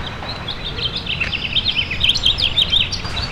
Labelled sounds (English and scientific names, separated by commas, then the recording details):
House Finch (Haemorhous mexicanus) song
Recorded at Oakdale on Long Island, New York, on 18 June 2013
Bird C